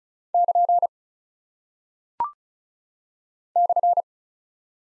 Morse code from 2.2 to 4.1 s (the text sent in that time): /